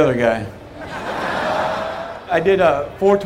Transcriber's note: soundbite of laughter